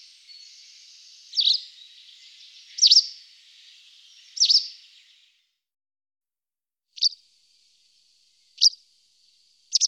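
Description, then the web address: White wagtail calls: six sharp, high chirps spaced roughly one and a half seconds apart, with a longer gap in the middle, over a faint high hiss. "IVN Zangvogels. Witte kwikstaart"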